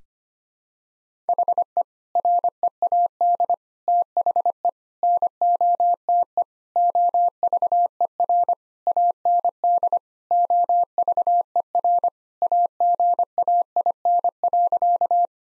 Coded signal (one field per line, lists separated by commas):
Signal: Morse code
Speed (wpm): 25 wpm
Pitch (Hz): 700 Hz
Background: none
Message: HE READ THE NOTE OVER AND OVER AGAIN.